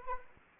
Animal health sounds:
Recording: mosquito wingbeat signal from an infrared sensor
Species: Anopheles arabiensis

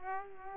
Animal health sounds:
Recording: mosquito wingbeat signal from an infrared sensor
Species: Culex pipiens

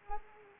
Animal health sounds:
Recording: mosquito wingbeat signal from an infrared sensor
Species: Anopheles arabiensis

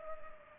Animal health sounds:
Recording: mosquito wingbeat signal from an infrared sensor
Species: Culex pipiens

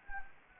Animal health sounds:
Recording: mosquito wingbeat signal from an infrared sensor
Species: Anopheles gambiae

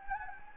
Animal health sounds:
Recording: mosquito wingbeat signal from an infrared sensor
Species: Anopheles gambiae

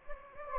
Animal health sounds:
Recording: mosquito wingbeat signal from an infrared sensor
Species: Anopheles gambiae

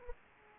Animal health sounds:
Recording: mosquito wingbeat signal from an infrared sensor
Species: Aedes aegypti

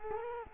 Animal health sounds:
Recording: mosquito wingbeat signal from an infrared sensor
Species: Culex quinquefasciatus

